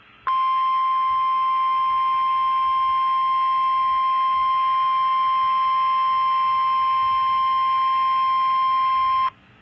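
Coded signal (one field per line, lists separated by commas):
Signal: Emergency Alert System (SAME) tones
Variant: 1050 Hz attention tone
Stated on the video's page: Real alerts received on weather radios, including Special Marine Warnings.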